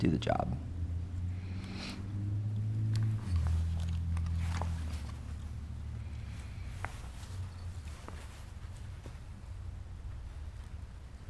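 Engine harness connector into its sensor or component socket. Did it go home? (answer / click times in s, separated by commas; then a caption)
no / none. Someone talks while handling an engine wiring harness connector beside its plastic mating socket during an engine swap on a 2013–2019 BRZ, FR-S or 86, with a heater switched off beforehand so the click can be heard. A low hum fades as a few brief, faint ticks occur. The connector has not seated or clicked yet.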